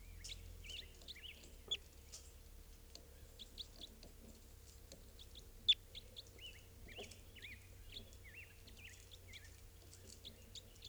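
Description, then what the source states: Crossbill calls: many short sharp kip notes in quick irregular bursts over a low steady hum. Around 6:25 a.m., while the recordist was testing decoy birds.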